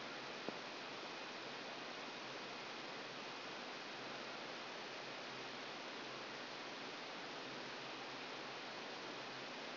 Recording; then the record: brain microelectrode recording played as sound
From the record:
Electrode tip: outside the subthalamic nucleus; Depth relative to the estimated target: 4 mm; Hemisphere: left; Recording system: AlphaMap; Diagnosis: Parkinson's disease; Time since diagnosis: 10 years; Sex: female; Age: 63 years